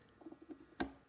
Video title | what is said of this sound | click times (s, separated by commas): NP205 Transfer Case | There, it just snapped right past the O-ring. | 0.8 s